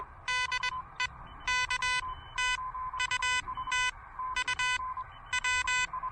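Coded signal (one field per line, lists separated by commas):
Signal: Morse code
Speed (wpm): 21 wpm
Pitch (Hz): 2000 Hz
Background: none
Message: DE K TU TU W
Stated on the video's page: Morse from a pedestrian mobile POTA park activation with an Elecraft KH1.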